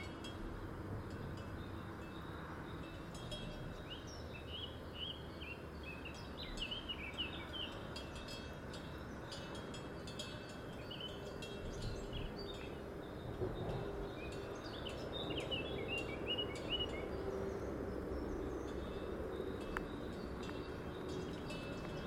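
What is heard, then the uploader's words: A steady highway hum fills the low end throughout, a soft continuous wash of passing traffic. Above it, a bird sings bright, quick chirping phrases, most busily around five to nine seconds and again near fifteen to seventeen seconds. In Situ Season 1 episodes are 5 minutes of ambient sound recorded along del Norte, the northern coastal route of the Camino de Santiago network of pilgrimage paths converging in Spain. These tiny meditations are made with binaural microphones.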